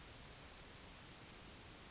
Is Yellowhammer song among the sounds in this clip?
no